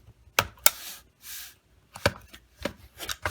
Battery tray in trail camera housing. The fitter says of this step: the battery tray release button and the battery tray will pop out.